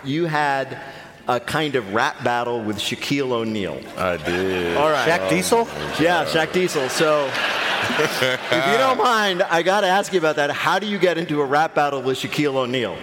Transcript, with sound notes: You had a kind of rap battle with Shaquille O'Neal.
I did.
All right.
"Shaq Diesel"?
Yeah, "Shaq Diesel." So...
(LAUGHTER)
If you don't mind, I got to ask you about that. How do you get into a rap battle with Shaquille O'Neal?